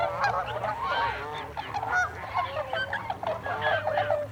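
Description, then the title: Tundra swans calling in a crowd, overlapping hoots and yelps with a low steady hum underneath. Recorded 26 December 2020. "2020 12 26 Tundra Swans"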